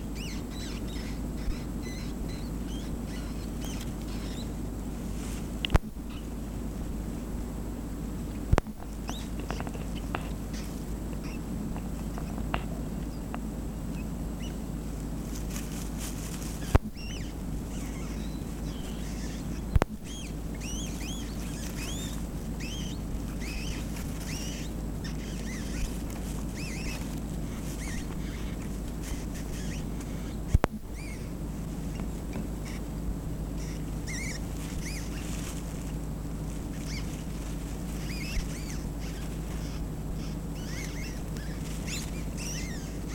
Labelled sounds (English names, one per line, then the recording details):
Brown Rat call
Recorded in captivity
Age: juvenile
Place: Zoologisches Institut der HUB, Berlin, DE
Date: 1965-08-06 16:45
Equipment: R 21, Kondensatormikro M 21a
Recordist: TSA